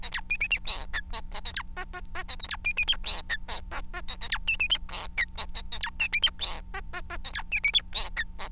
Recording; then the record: song of a male Bengalese finch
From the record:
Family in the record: son of father 4